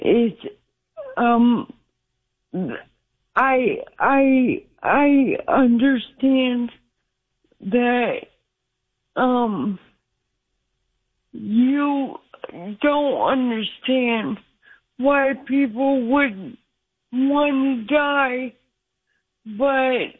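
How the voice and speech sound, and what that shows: Slow, halting speech from a 53-year-old woman on the phone. Long pauses fill nearly half the time, with drawn-out "um" fillers, a repeated "I, I", and stretched vowels as she works toward each phrase. The effortful, broken delivery fits aphasia after two strokes the year before, probably a left-brain stroke, which left her relearning how to talk.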